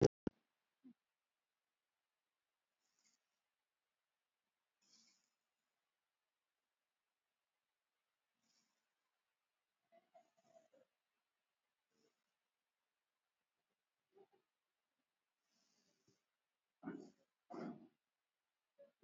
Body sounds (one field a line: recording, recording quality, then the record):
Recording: shallow breathing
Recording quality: excellent, no background noise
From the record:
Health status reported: COVID-19 positive, mild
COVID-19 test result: positive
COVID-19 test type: RT-PCR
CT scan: not taken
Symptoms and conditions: cold, fever, muscle pain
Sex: female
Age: 34 years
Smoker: no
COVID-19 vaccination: none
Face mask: worn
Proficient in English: no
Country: India